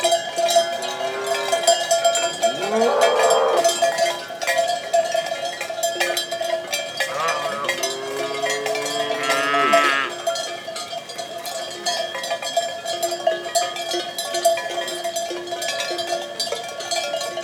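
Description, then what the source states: Cow lowing twice, a rising moo near the start and a longer wavering moo later, over continuous jangling cowbells. A group of cows grazing calmly in a field; Codina.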